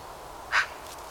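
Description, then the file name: Eurasian magpie producing one loud, coarse, noisy note in the middle of a short stretch of background hiss. "Pica pica"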